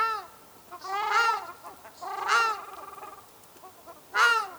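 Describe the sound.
Ruddy shelduck honking loudly, harsh nasal calls in three bursts, each rising then falling, with softer honks between.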